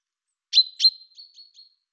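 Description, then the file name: Common chaffinch: two sharp, bright notes followed by a short trail of fainter, thin high notes, alone against a silent background. "Fringilla coelebs"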